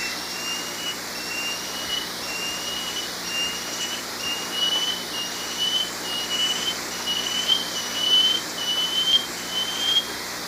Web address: Natures Songs S America Eastern Lowlands. Dichrozona cincta, song